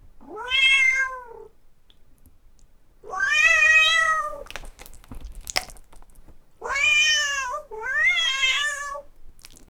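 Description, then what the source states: Cat yowling in four drawn-out, wavering cries, each about a second long with rich harmonics, some bending downward, separated by pauses with faint clicks and rustles between. Cat having a meltdown.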